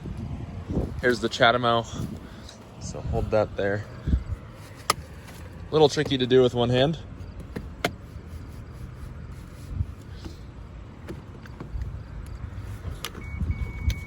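While holding the charger screen with one hand, someone pushes a public charger's plug toward the charge port of a 170k+ mile Tesla Model S, talking over low background noise and brief sharp handling knocks. Nothing has seated or clicked into place yet.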